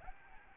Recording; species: mosquito wingbeat signal from an infrared sensor; Aedes albopictus